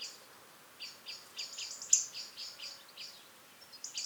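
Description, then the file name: European robin calling, a brief string of thin, high clicking notes spaced roughly a quarter second apart, against a background of steady hiss. "Erithacus rubecula"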